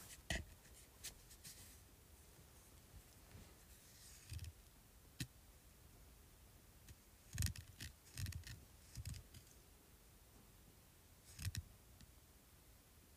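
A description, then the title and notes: Scratching on a speaker, heard as sharp, dry scrapes and taps over a quiet hiss. The sounds come in irregular bursts, with louder clusters near 0.3, 7.5, 8.3 and 11.5 seconds and softer rustling between them. ASMR Scratching Speaker.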